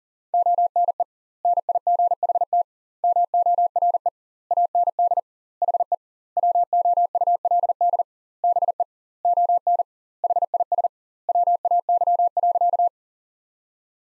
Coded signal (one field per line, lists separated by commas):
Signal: Morse code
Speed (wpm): 40 wpm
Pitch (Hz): 700 Hz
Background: none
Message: ONE NIGHT MORE AND HE WOULD BE ON HIS WAY.